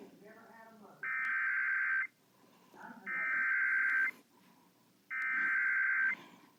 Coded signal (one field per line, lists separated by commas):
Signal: Emergency Alert System (SAME) tones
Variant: header bursts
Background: speech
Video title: Severe Thunderstorm Warning on WBAP-AM (EAS #942, Incomplete)